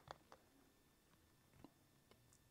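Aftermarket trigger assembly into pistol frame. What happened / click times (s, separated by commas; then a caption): The small part clicked into place / 0.1 s. A replacement M*CARBO short stroke flat trigger assembly is pushed into the frame of a Sig P365 X Macro pistol, and a small, sharp click at 0.1 s marks it seating. Fainter ticks follow at about 0.3 s and 1.6 s, and the trigger assembly ends up in place and locked.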